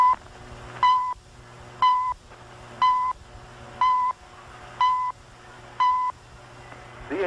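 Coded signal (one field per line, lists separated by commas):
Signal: radio time signal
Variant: CHU Canada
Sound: seven short 1 kHz beeps, one each second, over low hum and static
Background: radio static, low hum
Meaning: Each tone marks one second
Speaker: Esta es la chu que transmite las frecuencias de 3330 7335 y 14670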